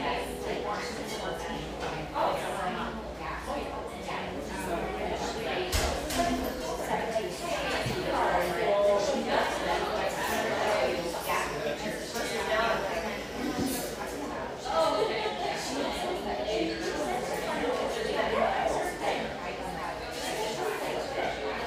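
A busy café hums with overlapping conversation, many voices blending into a steady murmur with a few speakers, including a woman, standing out. Short clinks and knocks of dishes pop up throughout, and a low rumble sits underneath the room.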